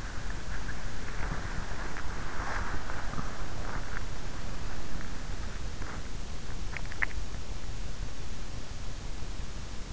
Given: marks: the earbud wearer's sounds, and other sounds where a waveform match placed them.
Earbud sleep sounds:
sounds in sleep by an in-ear microphone; body movement
0.00-3.90 s: body movement

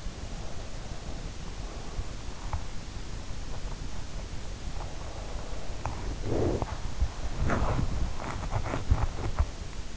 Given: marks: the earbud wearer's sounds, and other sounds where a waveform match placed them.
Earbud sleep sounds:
sounds in sleep by an in-ear microphone; breath, body movement
0.00-2.74 s: breath
2.33-9.79 s: body movement
4.67-7.02 s: breath

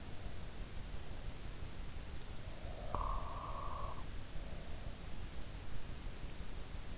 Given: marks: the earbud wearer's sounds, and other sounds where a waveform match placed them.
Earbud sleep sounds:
sounds in sleep by an in-ear microphone; breath
2.62-4.19 s: breath

